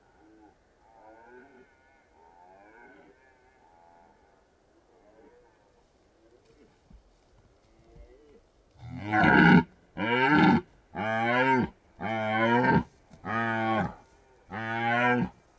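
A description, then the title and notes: Red deer stags roar during the rut. For the first eight seconds a faint, wavering groaning call carries softly; then from about nine seconds a stag lets out six loud, rough bellows in a steady rhythm, each lasting under a second with short pauses between. Red deer stags rutting in the Carpathian Mountains, Bucovina, Romania. Red Deer Rut In Bucovina.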